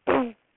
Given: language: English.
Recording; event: throat vibration sensor signal played as sound; throat clearing